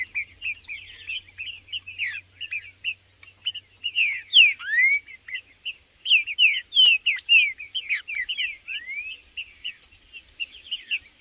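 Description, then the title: Green-winged saltator song: a run of strong, curving whistled slurs, rising and falling, repeated in quick bursts among many sharp, high chirping notes. In the bush, singing, calling and giving male challenge calls while disputing with a wild rival. "Trinca Ferro no MATO Cantando e Macheando muito com Solto! Blindado e Tufão no mato"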